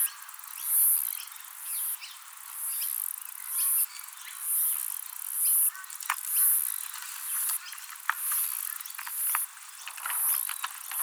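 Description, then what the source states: Myopsalta septa cicada singing, its high sizzling buzzes alternating with rapid clicking trains, while birds chirp and sharp clicks sound throughout. Recorded at Glenvale.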